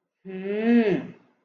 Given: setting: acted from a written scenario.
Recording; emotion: vocal sound without words; embarrassment